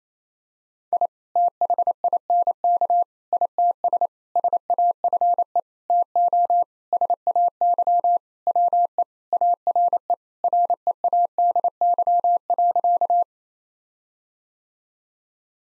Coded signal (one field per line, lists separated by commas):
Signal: Morse code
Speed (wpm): 28 wpm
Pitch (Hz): 700 Hz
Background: none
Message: I THINK ITS SAFE TO SAY WE ARE READY.